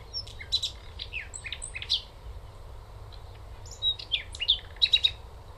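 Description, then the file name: Common nightingale song of quick, varied phrases: sharp whistles, down-slurred notes and rattling bursts in two clusters separated by a brief lull, with faint low hum. "Luscinia megarhynchos"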